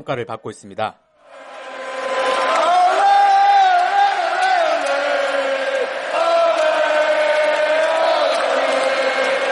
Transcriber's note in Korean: 녹취: 축구장 현장음